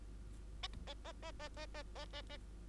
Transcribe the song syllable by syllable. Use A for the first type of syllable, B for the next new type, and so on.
A A A A A A A A A A